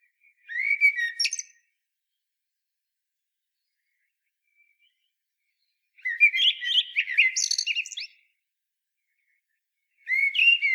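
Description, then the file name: Common blackbird singing three song phrases several seconds apart: low fluty warbles mixed with thin high squeaks, the last phrase cut off. "Turdus merula"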